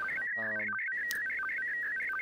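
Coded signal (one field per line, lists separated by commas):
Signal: SSTV (slow-scan television)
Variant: PD90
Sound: warbling tone hopping between pitches, with regular low blips and a short buzz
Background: radio static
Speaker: because we have it set in auto mode, it actually tells you in the top left hand corner that we're using mode PD90 here.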